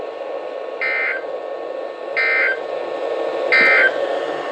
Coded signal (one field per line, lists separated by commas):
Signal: Emergency Alert System (SAME) tones